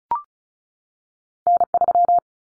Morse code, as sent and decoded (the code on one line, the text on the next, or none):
-. ...--
N3